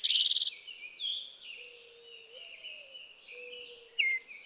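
Eastern towhee song fragment: a loud rapid trill right at the start, followed by quieter chirps and warbles and a faint low tone.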